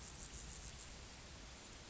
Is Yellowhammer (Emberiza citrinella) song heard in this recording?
no